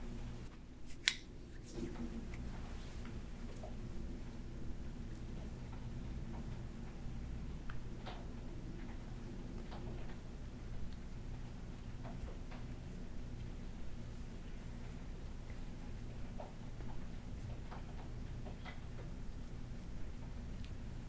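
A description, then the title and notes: A steady low rumble of rain fills the space, with a constant deep hum underneath throughout. Soft scratching and brushing taps come and go irregularly, and a sharper bright rustle stands out near the start. Rainy day hair play back scratch & massage.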